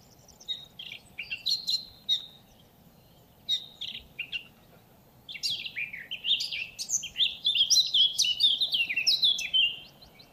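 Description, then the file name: Eurasian blackcap with scattered high chirps early, then a dense run of fast warbled and descending notes in the second half. "Sylvia atricapilla"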